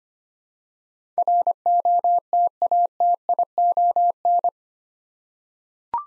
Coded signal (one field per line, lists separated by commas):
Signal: Morse code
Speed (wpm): 25 wpm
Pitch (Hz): 700 Hz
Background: none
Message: ROTATION